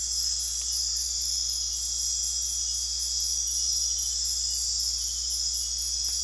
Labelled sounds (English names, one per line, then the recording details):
none
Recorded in dense forest near Puerto Asís, Putumayo, Colombia, on 9 March 2025 at 23:30
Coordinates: 0.503, -76.323
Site GP09